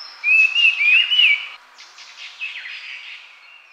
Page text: Sulawesi Babbler Song. Quick Sounds